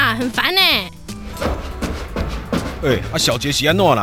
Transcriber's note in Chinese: 跑上樓梯聲